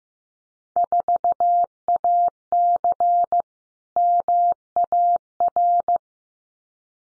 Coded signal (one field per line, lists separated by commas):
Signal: Morse code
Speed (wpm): 15 wpm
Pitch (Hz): 700 Hz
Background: none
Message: 4AC MAR